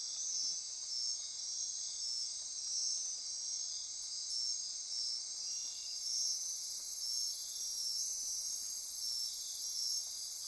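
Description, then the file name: Insect chorus with dense high trilling and rhythmic pulsed calls, a brighter high layer joining halfway through, steady throughout. Insect chorus recorded at midnight near Corcovado. "Wind-is-the-Original-Radio-Fridays 20240628 Andy-Martin Midnight-Insect-Chorus-Near-Corcovado"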